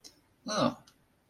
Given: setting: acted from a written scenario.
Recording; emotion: vocal sound without words; realization